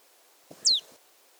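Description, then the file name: Marsh tit giving one clear, high call that drops sharply in pitch, with faint low rustling around it. "Poecile palustris"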